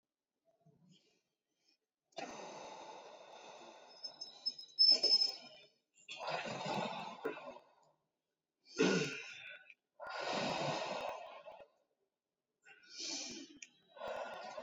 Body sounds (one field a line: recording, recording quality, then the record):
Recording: deep breathing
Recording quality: excellent, no background noise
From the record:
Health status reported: COVID-19 positive, no symptoms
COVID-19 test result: positive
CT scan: not taken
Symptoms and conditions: cough, cold, fever, muscle pain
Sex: female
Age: 35 years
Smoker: no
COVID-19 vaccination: none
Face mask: worn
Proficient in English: yes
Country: India